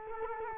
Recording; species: mosquito wingbeat signal from an infrared sensor; Culex quinquefasciatus